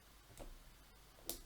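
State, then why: Seated. A bobbin with thread is pressed into the metal bobbin case of a sewing machine. A soft, muffled tap at 0.4 s is followed by a sharp, bright click at 1.3 s as the bobbin seats in the case.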